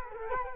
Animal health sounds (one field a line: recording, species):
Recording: mosquito wingbeat signal from an infrared sensor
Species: Culex quinquefasciatus